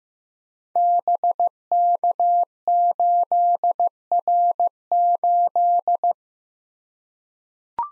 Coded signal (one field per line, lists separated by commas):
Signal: Morse code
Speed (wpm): 15 wpm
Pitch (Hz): 700 Hz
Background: none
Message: BK8R8